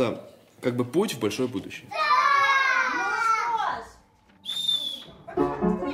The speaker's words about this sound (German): Kinderstimmen und fröhliches Geschrei. Solche Geräuschkulisse hört man wegen des extremen Klimas in den Straßen von Novi Urengoi fast nie.